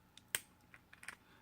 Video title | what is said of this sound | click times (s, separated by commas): VanVal Vapors - I'm Not Crazy | a small bottle that is a pretty solid security ring I mean you hear the pop so it's actually really | 0.4 s